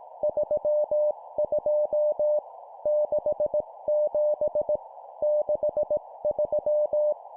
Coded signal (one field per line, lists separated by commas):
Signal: Morse code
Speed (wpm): 18 wpm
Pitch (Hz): 600 Hz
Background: none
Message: 32 67 63